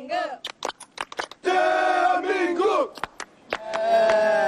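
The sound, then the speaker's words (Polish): South Korean football fans in Kazan chant and sing together to support their team before its 2018 World Cup group match against Germany, short rhythmic shouted bursts giving way to long, loud sustained sung notes from many voices. “Koreańczycy w Kazaniu przed meczem wspierali swoją drużynę śpiewami.”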